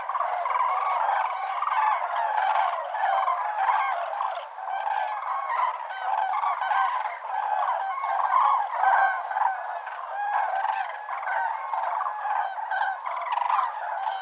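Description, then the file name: Common cranes calling as a large flock, a dense, continuous chorus of loud trumpeting, rolling calls overlapping throughout without a break. Several common cranes at the Villeneuve viewpoint, Arjuzanx, France. "grues cendrees Vision de Villeneuve Arjuzanx F"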